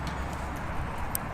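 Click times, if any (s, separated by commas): none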